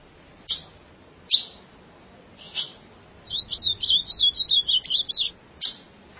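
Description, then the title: Ultramarine grosbeak song, a fast warbling run of roughly ten bright notes bouncing up and down for under two seconds, with several sharp clicks before and after. "Azulao"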